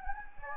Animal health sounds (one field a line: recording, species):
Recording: mosquito wingbeat signal from an infrared sensor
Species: Anopheles gambiae